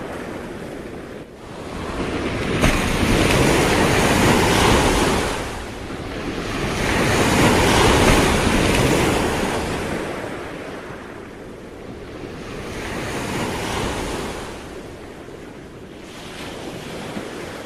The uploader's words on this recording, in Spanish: Rugido del mar registrado en el pueblo costero Camarones, provincia de Chubut, ubicado a 252 kilómetros de Trelew y a 262 de Comodoro Rivadavia.